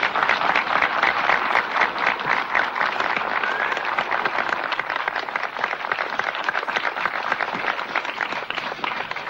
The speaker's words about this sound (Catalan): Un aplaudiment de benvinguda pel senador Pat Gary de l'estat de Nevada... i per la seva distingida esposa.